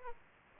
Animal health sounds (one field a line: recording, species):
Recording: mosquito wingbeat signal from an infrared sensor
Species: Aedes aegypti